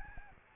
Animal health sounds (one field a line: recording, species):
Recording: mosquito wingbeat signal from an infrared sensor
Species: Aedes albopictus